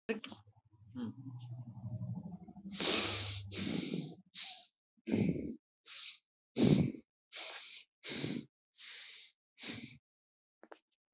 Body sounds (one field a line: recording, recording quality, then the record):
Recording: shallow breathing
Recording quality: excellent, no background noise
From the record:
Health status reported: exposed to COVID-19, no respiratory illness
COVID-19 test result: not tested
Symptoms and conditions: muscle pain, hypertension, diabetes, ischaemic heart disease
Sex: male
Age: 70 years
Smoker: not ticked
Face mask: not worn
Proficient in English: yes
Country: India